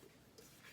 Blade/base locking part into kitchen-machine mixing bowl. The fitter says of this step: towards the middle until it's clicked back in.